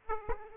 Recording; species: mosquito wingbeat signal from an infrared sensor; Aedes aegypti